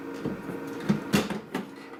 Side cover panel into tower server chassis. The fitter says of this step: he just clicks back into place